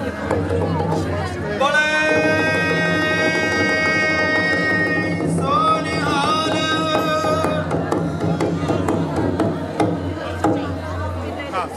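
A busy celebration with a crowd talking all around. A high, wavering sustained tone, like a horn or pipe, rings out from about two to seven seconds, bending upward near six seconds. Sharp knocks and clatters pop up throughout.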